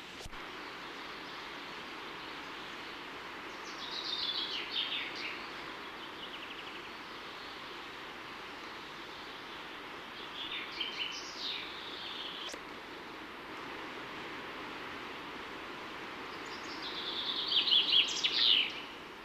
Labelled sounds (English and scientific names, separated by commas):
Common Chaffinch (Fringilla coelebs) song